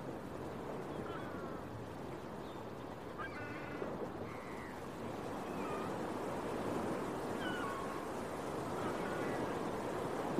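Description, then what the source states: Gull giving repeated mewing and yelping calls, several falling in pitch, scattered through a steady wash of ocean waves. Recorded at a beach early in the morning with waves.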